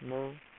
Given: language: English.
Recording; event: throat vibration sensor signal played as sound; speech